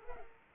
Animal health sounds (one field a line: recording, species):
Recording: mosquito wingbeat signal from an infrared sensor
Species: Culex pipiens